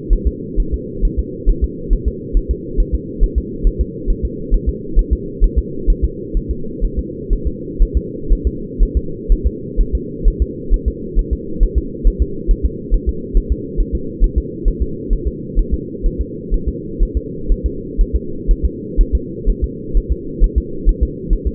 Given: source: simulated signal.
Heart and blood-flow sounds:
fetal heart sounds
0.13 s: S1
0.27 s: S2
0.60 s: S1
0.74 s: S2
1.05 s: S1
1.19 s: S2
1.49 s: S1
1.64 s: S2
1.93 s: S1
2.08 s: S2
2.37 s: S1
2.51 s: S2
2.80 s: S1
2.95 s: S2
3.24 s: S1
3.38 s: S2
3.67 s: S1
3.81 s: S2
4.10 s: S1
4.25 s: S2
4.54 s: S1
4.69 s: S2
4.99 s: S1
5.13 s: S2
5.44 s: S1
5.58 s: S2
5.90 s: S1
6.04 s: S2
6.37 s: S1
6.51 s: S2
6.84 s: S1
6.99 s: S2
7.33 s: S1
7.47 s: S2
7.82 s: S1
7.97 s: S2
8.32 s: S1
8.47 s: S2
8.83 s: S1
8.97 s: S2
9.32 s: S1
9.46 s: S2
9.81 s: S1
9.95 s: S2
10.28 s: S1
10.42 s: S2
10.74 s: S1
10.88 s: S2
11.19 s: S1
11.33 s: S2
11.63 s: S1
11.78 s: S2
12.07 s: S1
12.22 s: S2
12.51 s: S1
12.65 s: S2
12.94 s: S1
13.09 s: S2
13.37 s: S1
13.52 s: S2
13.80 s: S1
13.95 s: S2
14.24 s: S1
14.38 s: S2
14.68 s: S1
14.82 s: S2
15.13 s: S1
15.27 s: S2
15.59 s: S1
15.74 s: S2
16.06 s: S1
16.21 s: S2
16.54 s: S1
16.69 s: S2
17.03 s: S1
17.17 s: S2
17.52 s: S1
17.66 s: S2
18.01 s: S1
18.16 s: S2
18.51 s: S1
18.65 s: S2
19.01 s: S1
19.15 s: S2
19.50 s: S1
19.64 s: S2
19.97 s: S1
20.12 s: S2
20.44 s: S1
20.58 s: S2
20.89 s: S1
21.03 s: S2
21.33 s: S1
21.47 s: S2
From the record:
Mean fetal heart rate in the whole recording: 130 bpm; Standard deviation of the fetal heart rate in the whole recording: 4 bpm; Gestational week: 38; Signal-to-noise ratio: -4.3 dB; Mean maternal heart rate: 72 bpm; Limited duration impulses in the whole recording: absent

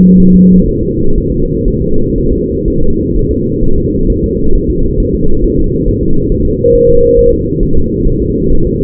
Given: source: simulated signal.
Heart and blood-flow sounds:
fetal heart sounds
0.20 s: S1
0.34 s: S2
0.68 s: S1
0.83 s: S2
1.18 s: S1
1.32 s: S2
1.68 s: S1
1.82 s: S2
2.18 s: S1
2.33 s: S2
2.68 s: S1
2.82 s: S2
3.16 s: S1
3.31 s: S2
3.64 s: S1
3.78 s: S2
4.10 s: S1
4.24 s: S2
4.55 s: S1
4.70 s: S2
5.00 s: S1
5.15 s: S2
5.44 s: S1
5.59 s: S2
5.88 s: S1
6.03 s: S2
6.32 s: S1
6.46 s: S2
6.75 s: S1
6.90 s: S2
7.19 s: S1
7.33 s: S2
7.63 s: S1
7.77 s: S2
8.07 s: S1
8.22 s: S2
8.53 s: S1
8.67 s: S2
From the record:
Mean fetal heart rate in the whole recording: 130 bpm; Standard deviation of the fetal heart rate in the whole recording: 4 bpm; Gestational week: 38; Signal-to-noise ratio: -19.1 dB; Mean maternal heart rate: 72 bpm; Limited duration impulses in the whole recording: present

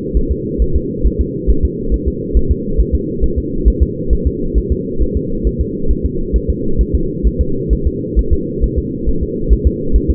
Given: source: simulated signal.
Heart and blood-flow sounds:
fetal heart sounds
0.17 s: S1
0.31 s: S2
0.62 s: S1
0.76 s: S2
1.06 s: S1
1.21 s: S2
1.50 s: S1
1.65 s: S2
1.94 s: S1
2.08 s: S2
2.37 s: S1
2.51 s: S2
2.80 s: S1
2.95 s: S2
3.24 s: S1
3.38 s: S2
3.68 s: S1
3.83 s: S2
4.13 s: S1
4.27 s: S2
4.58 s: S1
4.72 s: S2
5.02 s: S1
5.17 s: S2
5.47 s: S1
5.61 s: S2
5.91 s: S1
6.06 s: S2
6.36 s: S1
6.50 s: S2
6.81 s: S1
6.95 s: S2
7.27 s: S1
7.41 s: S2
7.73 s: S1
7.87 s: S2
8.19 s: S1
8.33 s: S2
8.64 s: S1
8.78 s: S2
9.09 s: S1
9.23 s: S2
9.53 s: S1
9.67 s: S2
9.96 s: S1
10.10 s: S2
From the record:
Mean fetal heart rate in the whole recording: 135 bpm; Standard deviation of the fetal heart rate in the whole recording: 3 bpm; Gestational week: 34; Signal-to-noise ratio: -8.1 dB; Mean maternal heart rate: 72 bpm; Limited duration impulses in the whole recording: absent

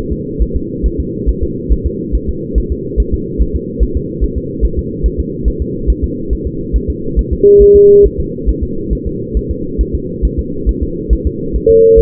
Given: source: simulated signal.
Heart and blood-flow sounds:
fetal heart sounds
0.12 s: S2
0.42 s: S1
0.56 s: S2
0.86 s: S1
1.00 s: S2
1.29 s: S1
1.43 s: S2
1.72 s: S1
1.86 s: S2
2.15 s: S1
2.29 s: S2
2.58 s: S1
2.72 s: S2
3.00 s: S1
3.14 s: S2
3.41 s: S1
3.56 s: S2
3.83 s: S1
3.97 s: S2
4.24 s: S1
4.38 s: S2
4.65 s: S1
4.79 s: S2
5.06 s: S1
5.20 s: S2
5.48 s: S1
5.62 s: S2
5.90 s: S1
6.04 s: S2
6.33 s: S1
6.47 s: S2
6.76 s: S1
6.90 s: S2
7.19 s: S1
7.33 s: S2
7.62 s: S1
7.76 s: S2
8.06 s: S1
8.20 s: S2
8.49 s: S1
8.63 s: S2
8.93 s: S1
9.07 s: S2
9.37 s: S1
9.51 s: S2
9.81 s: S1
9.95 s: S2
10.25 s: S1
10.39 s: S2
10.69 s: S1
10.83 s: S2
11.13 s: S1
11.27 s: S2
11.56 s: S1
11.70 s: S2
11.99 s: S1
From the record:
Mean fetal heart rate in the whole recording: 140 bpm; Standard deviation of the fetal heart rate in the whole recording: 2 bpm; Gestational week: 34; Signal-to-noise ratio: -6.6 dB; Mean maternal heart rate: 72 bpm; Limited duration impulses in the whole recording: present

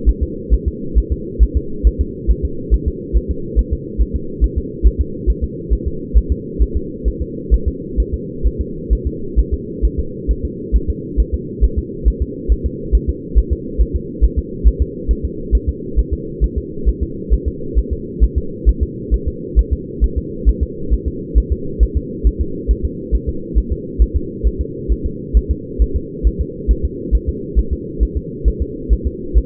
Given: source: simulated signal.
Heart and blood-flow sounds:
fetal heart sounds
0.09 s: S1
0.23 s: S2
0.54 s: S1
0.68 s: S2
0.98 s: S1
1.12 s: S2
1.43 s: S1
1.57 s: S2
1.87 s: S1
2.01 s: S2
2.31 s: S1
2.45 s: S2
2.74 s: S1
2.88 s: S2
3.17 s: S1
3.31 s: S2
3.59 s: S1
3.73 s: S2
4.01 s: S1
4.16 s: S2
4.44 s: S1
4.58 s: S2
4.87 s: S1
5.01 s: S2
5.30 s: S1
5.44 s: S2
5.73 s: S1
5.88 s: S2
6.18 s: S1
6.32 s: S2
6.62 s: S1
6.77 s: S2
7.08 s: S1
7.22 s: S2
7.54 s: S1
7.68 s: S2
8.00 s: S1
8.14 s: S2
8.47 s: S1
8.61 s: S2
8.93 s: S1
9.07 s: S2
9.39 s: S1
9.54 s: S2
9.85 s: S1
10.00 s: S2
10.31 s: S1
10.45 s: S2
10.76 s: S1
10.90 s: S2
11.20 s: S1
11.34 s: S2
11.64 s: S1
11.79 s: S2
12.08 s: S1
12.22 s: S2
12.52 s: S1
12.66 s: S2
12.95 s: S1
13.09 s: S2
13.38 s: S1
13.53 s: S2
13.81 s: S1
13.96 s: S2
14.24 s: S1
14.39 s: S2
14.68 s: S1
14.82 s: S2
15.11 s: S1
15.25 s: S2
15.55 s: S1
15.69 s: S2
15.99 s: S1
16.14 s: S2
16.44 s: S1
16.58 s: S2
16.89 s: S1
17.03 s: S2
17.34 s: S1
17.48 s: S2
17.78 s: S1
17.93 s: S2
18.24 s: S1
18.38 s: S2
18.69 s: S1
18.83 s: S2
19.14 s: S1
19.28 s: S2
19.59 s: S1
19.73 s: S2
20.04 s: S1
20.18 s: S2
20.49 s: S1
20.63 s: S2
20.93 s: S1
21.08 s: S2
21.38 s: S1
21.52 s: S2
21.83 s: S1
21.97 s: S2
22.27 s: S1
22.41 s: S2
22.71 s: S1
22.85 s: S2
23.15 s: S1
23.29 s: S2
23.58 s: S1
23.73 s: S2
24.02 s: S1
24.16 s: S2
24.47 s: S1
24.61 s: S2
24.92 s: S1
25.06 s: S2
25.37 s: S1
25.51 s: S2
25.82 s: S1
25.96 s: S2
26.27 s: S1
26.41 s: S2
26.71 s: S1
26.85 s: S2
27.15 s: S1
27.29 s: S2
27.59 s: S1
27.73 s: S2
28.03 s: S1
28.17 s: S2
28.48 s: S1
28.62 s: S2
28.93 s: S1
29.07 s: S2
29.38 s: S1
From the record:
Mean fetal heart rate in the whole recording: 135 bpm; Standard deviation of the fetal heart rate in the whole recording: 3 bpm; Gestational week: 34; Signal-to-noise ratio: -4.3 dB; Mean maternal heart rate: 72 bpm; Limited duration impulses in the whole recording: absent

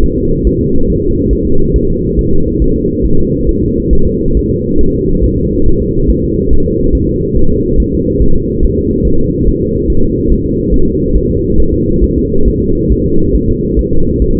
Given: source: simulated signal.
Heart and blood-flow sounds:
fetal heart sounds
0.04 s: S1
0.18 s: S2
0.47 s: S1
0.61 s: S2
0.90 s: S1
1.04 s: S2
1.33 s: S1
1.47 s: S2
1.76 s: S1
1.90 s: S2
2.19 s: S1
2.33 s: S2
2.62 s: S1
2.76 s: S2
3.05 s: S1
3.19 s: S2
3.49 s: S1
3.63 s: S2
3.93 s: S1
4.07 s: S2
4.37 s: S1
4.51 s: S2
4.81 s: S1
4.95 s: S2
5.25 s: S1
5.38 s: S2
5.68 s: S1
5.82 s: S2
6.10 s: S1
6.24 s: S2
6.53 s: S1
6.67 s: S2
6.95 s: S1
7.09 s: S2
7.37 s: S1
7.51 s: S2
7.80 s: S1
7.94 s: S2
8.22 s: S1
8.36 s: S2
8.65 s: S1
8.79 s: S2
9.07 s: S1
9.21 s: S2
9.48 s: S1
9.62 s: S2
9.90 s: S1
10.04 s: S2
10.32 s: S1
10.46 s: S2
10.74 s: S1
10.88 s: S2
11.16 s: S1
11.30 s: S2
11.60 s: S1
11.74 s: S2
12.04 s: S1
12.18 s: S2
12.48 s: S1
12.62 s: S2
12.92 s: S1
13.06 s: S2
13.35 s: S1
13.49 s: S2
13.79 s: S1
13.93 s: S2
14.22 s: S1
14.36 s: S2
From the record:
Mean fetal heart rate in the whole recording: 140 bpm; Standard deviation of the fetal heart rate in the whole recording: 2 bpm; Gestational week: 34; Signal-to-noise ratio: -19.1 dB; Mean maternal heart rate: 72 bpm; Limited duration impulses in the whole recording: present

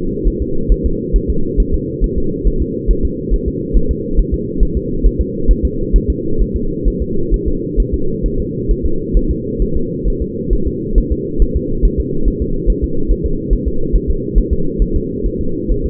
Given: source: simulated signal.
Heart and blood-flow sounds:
fetal heart sounds
0.28 s: S1
0.42 s: S2
0.72 s: S1
0.86 s: S2
1.16 s: S1
1.30 s: S2
1.60 s: S1
1.74 s: S2
2.04 s: S1
2.18 s: S2
2.47 s: S1
2.62 s: S2
2.91 s: S1
3.05 s: S2
3.34 s: S1
3.48 s: S2
3.76 s: S1
3.91 s: S2
4.19 s: S1
4.34 s: S2
4.63 s: S1
4.77 s: S2
5.06 s: S1
5.21 s: S2
5.51 s: S1
5.65 s: S2
5.96 s: S1
6.10 s: S2
6.42 s: S1
6.56 s: S2
6.88 s: S1
7.02 s: S2
7.34 s: S1
7.48 s: S2
7.80 s: S1
7.94 s: S2
8.26 s: S1
8.40 s: S2
8.71 s: S1
8.86 s: S2
9.17 s: S1
9.31 s: S2
9.62 s: S1
9.76 s: S2
10.08 s: S1
10.22 s: S2
10.53 s: S1
10.67 s: S2
10.98 s: S1
11.12 s: S2
11.42 s: S1
11.56 s: S2
11.85 s: S1
12.00 s: S2
12.28 s: S1
12.42 s: S2
12.70 s: S1
12.84 s: S2
13.11 s: S1
13.26 s: S2
13.53 s: S1
13.68 s: S2
13.95 s: S1
14.10 s: S2
14.38 s: S1
14.53 s: S2
14.82 s: S1
14.96 s: S2
15.26 s: S1
15.41 s: S2
15.72 s: S1
15.86 s: S2
From the record:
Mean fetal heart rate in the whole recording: 135 bpm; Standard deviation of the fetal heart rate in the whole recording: 3 bpm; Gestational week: 36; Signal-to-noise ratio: -8.1 dB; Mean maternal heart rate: 72 bpm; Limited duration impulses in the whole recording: absent

